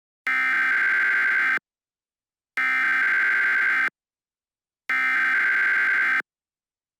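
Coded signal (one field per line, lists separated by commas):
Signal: Emergency Alert System (SAME) tones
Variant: header bursts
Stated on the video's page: Recreations of EAS tones as produced by various encoder systems, including KeyWest, Idea/Onics, Texscan, CEMS, Gorman Redlich, Trilithic, DASDEC and Xfinity X1, sending Required Monthly and Weekly Tests.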